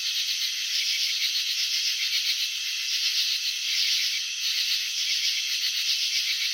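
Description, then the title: Cricket chirping: a steady high rasp made of closely spaced pulses, with slight surges in volume. Cricket chirping, presented in a slow-motion video showing wing vibrations and antenna movements. "Crickets in Slow Motion 📷. Capturing the Elegance of Chirping"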